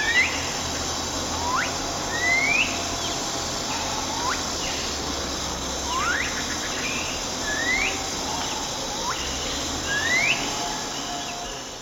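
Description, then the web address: Common piping guan producing rising whistled notes spaced a second or two apart, some steeper than others, against a constant insect drone. Recorded in Ecuador. "Birds of Ecuador. Common Piping Guan"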